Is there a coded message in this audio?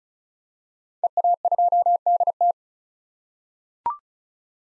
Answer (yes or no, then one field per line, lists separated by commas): yes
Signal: Morse code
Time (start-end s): 1.0-2.5 s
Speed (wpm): 36 wpm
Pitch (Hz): 700 Hz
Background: none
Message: EA2DT